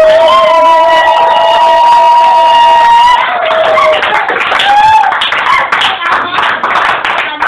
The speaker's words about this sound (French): C'est pour ça que je voulais que vous l'accueillez de façon officielle. Applaudissements.